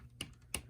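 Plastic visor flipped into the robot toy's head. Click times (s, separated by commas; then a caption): 0.5 s. The plastic knight visor on a DX King Caucasus Kabuto transforming robot toy is flipped out and pushed into the toy's head to reveal the face. A sharp click at 0.2 s is followed by a faint tick at 0.3 s. The visor snaps into place with the loudest click at 0.6 s, and it is seated.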